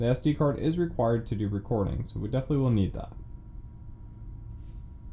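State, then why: Not seated. Someone talks for about the first 3 seconds while a micro SD card, which the 1080P key-fob security camera needs for recording, is lined up at the camera's card slot. The rest is quiet apart from a faint steady hum. The card has not clicked into place yet.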